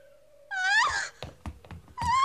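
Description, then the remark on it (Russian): A just-born baby cries in two loud, high wailing bursts that rise in pitch, with a few soft thuds in the short pause between them, in a film scene as Andrei Bolkonsky waits outside the birth room. “Зачем принесли туда ребенка? Ребенок? Зачем там ребенок? Или это родился ребенок?”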